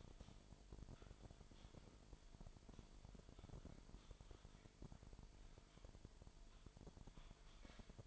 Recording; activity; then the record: daily activity, microphone in the room; typing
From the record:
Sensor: 5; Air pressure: 1002.1 hPa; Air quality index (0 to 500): 228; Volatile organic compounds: 30 ppm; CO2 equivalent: 2960 ppm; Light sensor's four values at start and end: 10/24/10/11 and 10/24/10/11